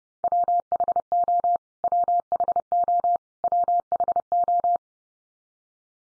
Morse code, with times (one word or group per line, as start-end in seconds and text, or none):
0.2-1.6 WHO
1.8-3.2 WHO
3.4-4.8 WHO